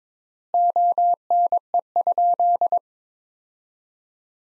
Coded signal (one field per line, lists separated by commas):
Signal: Morse code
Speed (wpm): 22 wpm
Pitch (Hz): 700 Hz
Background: none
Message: ONE?